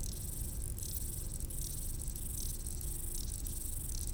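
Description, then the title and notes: Grasshoppers stridulating in dry, rasping bursts high in pitch, several overlapping, with a steady low rumble of background noise underneath. Grasshoppers stridulating on a roadside bank beside the road to the Mont du Chat television relay, 1500 m altitude, Le Bourget-du-Lac, France; distant valley noise in background. "D42, 73370 Le Bourget-du-Lac, France - insectes du talus. Route du relais télévision du Mont du Chat à 1500m d'altitude les stridulations des criquets sur le talus et les bruits lointains de la vallée en arrière plan"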